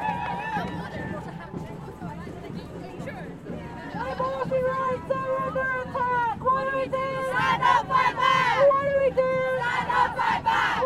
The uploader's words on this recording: Royal Courts of Justice, London, UK. Thousands of protestors gather outside the Royal Courts of Justice to call for the decriminalisation of abortion.